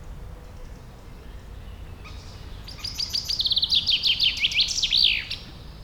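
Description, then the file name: Common chaffinch song: a quiet start, then a bright run of rapid descending notes leading into loud, sweeping phrases and a final flourish. "Fringilla coelebs"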